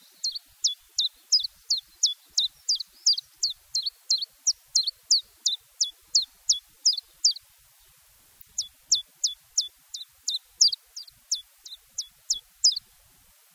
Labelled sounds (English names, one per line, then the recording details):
Common Chiffchaff song
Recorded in the wild
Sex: male
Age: adult
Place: Erlangen, Bayern, DE
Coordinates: 49.6031, 10.9519
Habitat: pond
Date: 1967-04-01
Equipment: Original, Vollspur
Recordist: Tretzel, Erwin